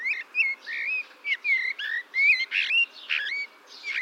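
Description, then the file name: Eurasian blackbird calling in a quick run of short whistled phrases, clear and slurred, with hardly a pause between them. "Turdus merula"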